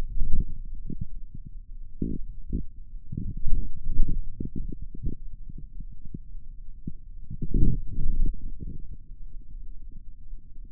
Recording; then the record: forearm muscle sounds (acoustic myography)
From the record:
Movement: radial deviation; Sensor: system 2, bracelet of six BSWA MPA416 microphones around the upper forearm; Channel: 6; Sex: male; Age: 22 years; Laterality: right